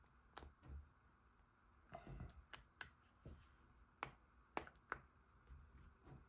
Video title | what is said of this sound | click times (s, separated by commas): How to replace broken car key fob DIY video #keyfob #chevrolet #impala | and you'll hear it snap when it goes in there there it is | 4.0 s, 4.6 s